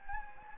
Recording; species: mosquito wingbeat signal from an infrared sensor; Anopheles gambiae